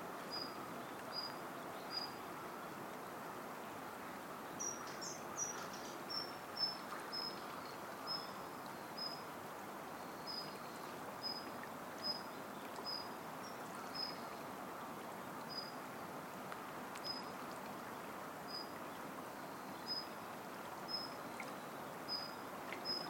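The Tama River flows gently with a steady, even rush of water that stays the same from start to finish. Over it, a small bird repeats short, high chirps at a quick, regular pace, with a brief flurry around five seconds in.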